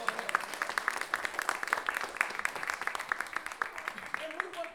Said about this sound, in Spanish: Aplauso para el amigo.